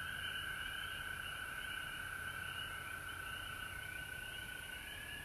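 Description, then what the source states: Frog chorus with a constant high trill and a fluttering upper layer of calls, never pausing, over a faint rumble. Recorded at home in Georgia on March 19, 2020.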